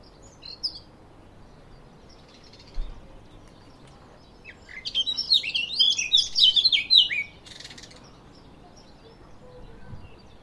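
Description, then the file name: Eurasian blackcap song: a couple of soft high notes, then a burst of fast, jumbled, bright warbling in the middle. "Sylvia atricapilla"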